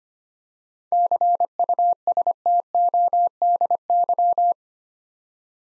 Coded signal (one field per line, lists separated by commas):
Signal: Morse code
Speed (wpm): 25 wpm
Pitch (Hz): 700 Hz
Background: none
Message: CUSTODY